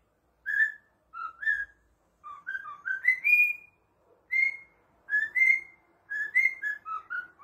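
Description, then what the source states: Cockatiel whistling short phrases of paired and tripled notes that climb to a longer, higher sustained whistle, then drop back to lower notes. Several cockatiels singing and whistling.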